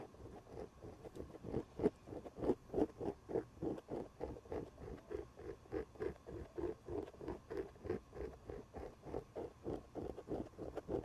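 Someone scratches the elbow pad of an old sweater in quick, steady strokes, about two or three per second, for the whole stretch. Each stroke is a soft, muffled rasp with a faint crisp edge, over a low, quiet background.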